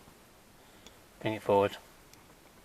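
A wiring connector is pushed in from the back of a new Bluetooth music adapter behind the head unit of an Alfa Romeo Giulietta and brought forward, while someone talks in the middle of the clip. Only a couple of faint ticks rise briefly above the quiet background, and nothing has seated or clicked yet.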